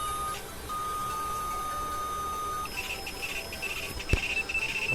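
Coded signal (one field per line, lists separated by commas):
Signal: ZX Spectrum tape loading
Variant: turbo load, TK90X clone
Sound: a steady high lead tone, then a rapid buzzing, chopping warble of data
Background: background hiss, one click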